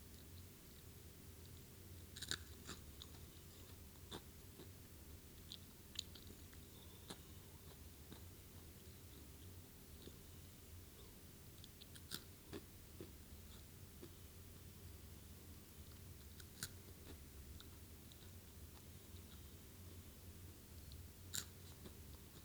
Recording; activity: daily activity, guitar pickup as the sensor; eat